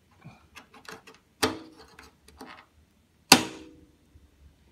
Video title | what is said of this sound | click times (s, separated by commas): How I replaced my fluorescent light tube | You can feel the click and you can hear the click. | 3.3 s